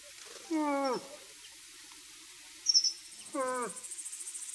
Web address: Tajemnice puszczy Łoś